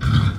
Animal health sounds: pig call; growing-finishing pig (85 days or more)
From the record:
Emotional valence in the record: positive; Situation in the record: run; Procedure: transit

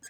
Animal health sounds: pig call; piglet (1 to 25 days)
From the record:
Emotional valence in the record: negative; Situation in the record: long isolation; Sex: female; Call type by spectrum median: high-frequency call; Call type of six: low-frequency tonal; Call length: 0.10 s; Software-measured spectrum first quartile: 1972 Hz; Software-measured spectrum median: 5533 Hz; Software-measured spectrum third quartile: 7498 Hz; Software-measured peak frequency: 1598 Hz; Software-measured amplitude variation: 110 dB a second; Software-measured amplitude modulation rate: 5.2 a second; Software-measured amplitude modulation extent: 21.2 dB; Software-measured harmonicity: 7.1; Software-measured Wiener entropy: -2.94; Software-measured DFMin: 720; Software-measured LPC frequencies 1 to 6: 1632, 3300, 4878, 6521, 7310, 8027 Hz

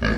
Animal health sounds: pig call; growing-finishing pig (85 days or more)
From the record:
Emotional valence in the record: negative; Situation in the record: barren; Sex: male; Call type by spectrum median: low-frequency call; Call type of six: low-frequency stable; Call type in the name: low-frequency stable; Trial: 2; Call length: 0.19 s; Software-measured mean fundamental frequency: 53 Hz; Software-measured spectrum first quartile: 170 Hz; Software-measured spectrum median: 547 Hz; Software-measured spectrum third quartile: 1656 Hz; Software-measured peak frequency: 226 Hz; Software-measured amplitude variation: 127 dB a second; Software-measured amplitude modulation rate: 29.6 a second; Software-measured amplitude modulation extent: 4.3 dB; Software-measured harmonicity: 0.6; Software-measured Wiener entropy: -1.74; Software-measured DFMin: 693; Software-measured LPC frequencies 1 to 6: 1642, 2299, 2893, 3936, 4541, 5160 Hz

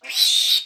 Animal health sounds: pig call; piglet (1 to 25 days)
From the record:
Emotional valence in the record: negative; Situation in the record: restrain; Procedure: in the arms of a person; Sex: female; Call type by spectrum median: high-frequency call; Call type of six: high-frequency stable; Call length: 0.65 s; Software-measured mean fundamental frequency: 244 Hz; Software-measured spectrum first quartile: 3748 Hz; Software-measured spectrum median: 4230 Hz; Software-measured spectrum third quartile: 5955 Hz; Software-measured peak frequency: 3924 Hz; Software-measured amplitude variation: 153 dB a second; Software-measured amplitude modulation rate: 23.8 a second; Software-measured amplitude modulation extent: 6.5 dB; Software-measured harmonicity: 4.9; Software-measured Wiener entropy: -2.96

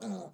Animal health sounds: pig call; piglet (1 to 25 days)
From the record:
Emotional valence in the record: negative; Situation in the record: short isolation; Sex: male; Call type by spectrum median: low-frequency call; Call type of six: low-frequency stable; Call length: 0.34 s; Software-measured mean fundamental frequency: 51 Hz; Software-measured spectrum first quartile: 209 Hz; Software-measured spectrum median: 395 Hz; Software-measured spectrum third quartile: 1033 Hz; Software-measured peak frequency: 207 Hz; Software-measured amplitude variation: 111 dB a second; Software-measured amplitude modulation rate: 10.4 a second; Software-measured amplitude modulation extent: 10.7 dB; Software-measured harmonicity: 6.6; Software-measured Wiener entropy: -0.59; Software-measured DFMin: 1170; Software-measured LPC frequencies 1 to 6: 605, 2247, 3657, 4102, 4932, 6517 Hz

